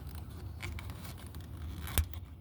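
A vacuum hose quick-connect fitting is pushed back onto the port of the fuel vapor leak detection pump on a 2011 Toyota Camry 2.5L. Soft rubbing and scraping lead up to a sharp click at 2.0 s as the fitting seats, confirmed on.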